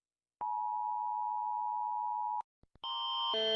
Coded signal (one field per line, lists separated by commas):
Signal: Emergency Alert System (SAME) tones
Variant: 853 and 960 Hz attention tone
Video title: Rating eas alarms pt 1